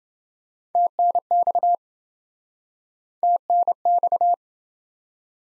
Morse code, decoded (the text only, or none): TNX TNX